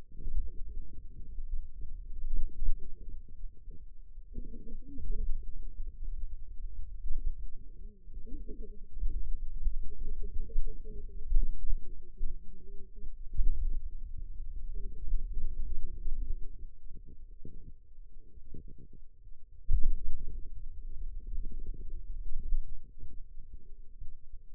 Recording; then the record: forearm muscle sounds (acoustic myography)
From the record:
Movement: finger pinch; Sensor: system 2, bracelet of six BSWA MPA416 microphones around the upper forearm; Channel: 2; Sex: female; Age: 21 years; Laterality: right